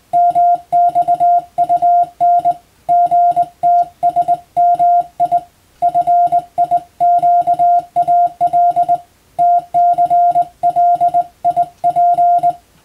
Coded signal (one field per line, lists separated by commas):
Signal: Morse code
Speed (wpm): 21 wpm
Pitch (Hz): 700 Hz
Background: music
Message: MXUN GTSMI FIQAL TCLIP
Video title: 【Radio operator morse practice】This is a Morse code practice video. There is a morse exam in japan.